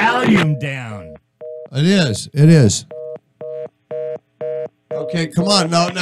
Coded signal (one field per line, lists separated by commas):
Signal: telephone call progress tone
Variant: North America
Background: speech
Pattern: reorder tone